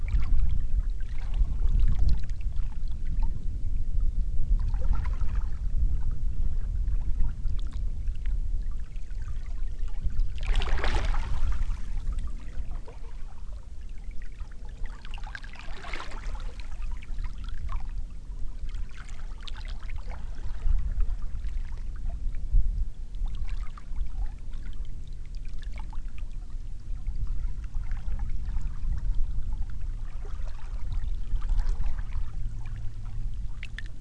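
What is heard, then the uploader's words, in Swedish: Calm waves lap, a steady low rumble of water underneath with soft splashes and gurgles rising every few seconds. Brighter, fuller slaps stand out near the ten- and sixteen-second marks, and the overall level stays even throughout. Stilla Vågskvalp. Denna ljudfil spelade jag in på Västra Femöre i Oxelösund.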